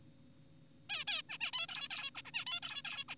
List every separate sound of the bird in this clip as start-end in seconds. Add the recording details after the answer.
0.90-1.04, 1.08-1.22, 1.30-1.38, 1.41-1.51, 1.53-1.67, 1.69-1.88, 1.90-2.10, 2.15-2.22, 2.25-2.31, 2.34-2.45, 2.47-2.60, 2.63-2.82, 2.85-3.04, 3.08-3.15. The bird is an adult. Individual g4p5U